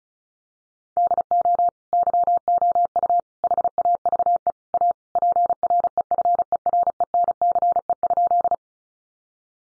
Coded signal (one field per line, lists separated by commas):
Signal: Morse code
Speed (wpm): 34 wpm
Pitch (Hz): 700 Hz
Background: none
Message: DO YOU HAVE A PREFERENCE?